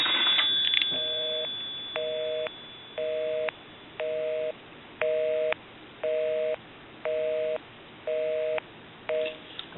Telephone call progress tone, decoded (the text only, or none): busy tone